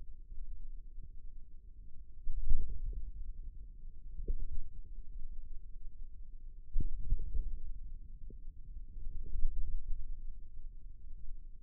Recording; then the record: forearm muscle sounds (acoustic myography)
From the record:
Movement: ulnar deviation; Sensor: system 2, bracelet of six BSWA MPA416 microphones around the upper forearm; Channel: 3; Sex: male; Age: 22 years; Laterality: right